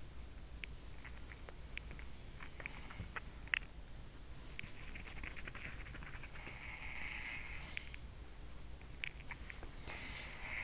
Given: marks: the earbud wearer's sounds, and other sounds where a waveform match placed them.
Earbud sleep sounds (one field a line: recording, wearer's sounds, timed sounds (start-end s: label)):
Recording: sounds in sleep by an in-ear microphone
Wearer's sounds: teeth grinding, swallowing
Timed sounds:
0.30-0.95 s: teeth grinding
1.60-2.70 s: teeth grinding
3.04-8.21 s: teeth grinding
6.16-7.81 s: sound from someone else or the room
8.06-10.64 s: swallowing